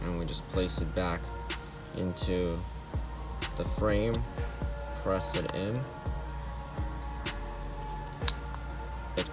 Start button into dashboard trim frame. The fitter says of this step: clicks so here we are reconnected it snapped right in and